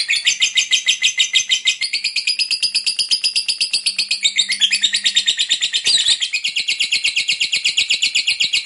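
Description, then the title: Lovebird long chatter, fast rasping notes strung together continuously, with a faint low hum underneath. Long, lively ngekek chatter. "LOVEBIRD NGEKEK PANJANG GACOR BIKIN LATAH"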